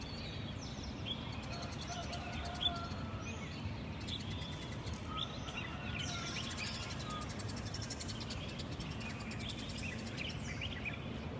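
Birds call one after another over a steady low rumble that fills the whole clip. Short bright chirps and twitters scatter throughout, with a few clearer whistled notes between about four and seven seconds and a sharp chirp near the third second.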